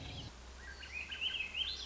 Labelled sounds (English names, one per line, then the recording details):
Swainson's Thrush
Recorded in Sonoma County, California